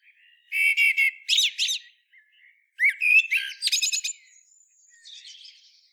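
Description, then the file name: Common blackbird song: two phrases of rich whistled notes ending in sharp, high twittering flourishes, followed by a faint trailing squeak. "Turdus merula"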